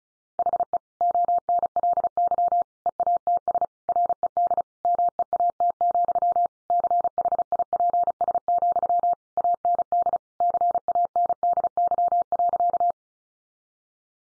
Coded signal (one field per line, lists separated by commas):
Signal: Morse code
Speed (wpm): 34 wpm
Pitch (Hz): 700 Hz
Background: none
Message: HE ONLY EATS RED MEAT, CHIPS, AND CANDY.